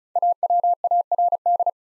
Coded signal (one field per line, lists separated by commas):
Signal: Morse code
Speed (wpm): 36 wpm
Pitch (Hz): 700 Hz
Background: none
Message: AWARD